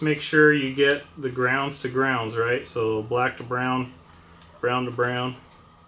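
Someone talks while motor wire connectors are being lined up with the ESC lead connectors on an Avios KingTwin 1700mm turboprop airplane, matching black to brown. The connectors are handled but not yet pushed home, so nothing has seated or clicked yet.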